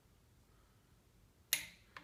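A click-type torque wrench is pulled slowly to tighten a main bearing cap bolt on a B18B engine block during crank installation, without cranking on it so the reading stays accurate. After a quiet stretch, the wrench gives a sharp click at 1.5 s as it reaches its torque setting, followed by a fainter tick at 2.0 s. The bolt is confirmed torqued to spec.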